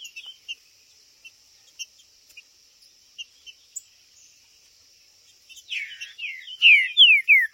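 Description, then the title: Green-winged saltator song: sparse short chips and clicks, then a loud burst of falling slurred whistles toward the end, with a high insect drone throughout. Trinca-ferro chirping, singing and macheando (territorial male calling) in a contest; video intended to stir up and provoke a listening trinca-ferro. "Esse É PERFEITO Para ESQUENTAR Seu TRINCA Piando, Cantando E Macheando Na DISPUTA. O MELHOR VÍDEO de TRINCA FERRO que VOCÊ VERÁ em 2025! Cantando e MACHEANDO!!"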